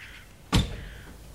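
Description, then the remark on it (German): As people get into a car, a car door slams shut once, a heavy, dull thud with a short ringing decay, standing out against a quiet, steady background hum. No one speaks. “Da, sie steigen ins Auto.”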